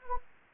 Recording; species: mosquito wingbeat signal from an infrared sensor; Anopheles arabiensis